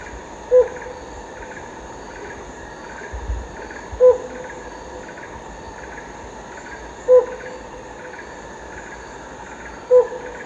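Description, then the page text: Helmeted Hornbill giving single hollow hoots spaced about three seconds apart, over a steady chorus of buzzing insects. Recorded at Danum, Borneo, on 1 April 2006. "Sound of Helmeted Hornbill at Danum by EDWARDS, David"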